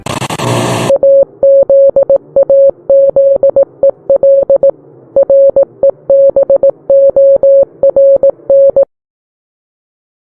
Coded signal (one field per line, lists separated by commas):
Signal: Morse code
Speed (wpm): 18 wpm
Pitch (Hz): 550 Hz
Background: none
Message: AZAZEL REBORN